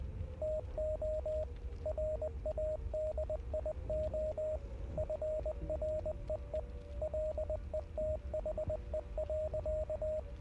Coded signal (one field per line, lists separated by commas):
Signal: Morse code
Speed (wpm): 20 wpm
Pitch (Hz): 620 Hz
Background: radio noise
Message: TO RADIO FREE LETHE.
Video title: Hell Is Us | Key Provided By Rogue Factor | September 3 2025 - Livestream #5